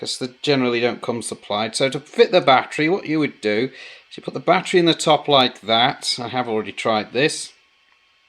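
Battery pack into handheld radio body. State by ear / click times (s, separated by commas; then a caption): not seated / none. A battery pack is hooked into the top of the back of a Quansheng TK11 handheld radio while someone talks throughout. Nothing has seated or clicked yet; the pack is not yet pressed home.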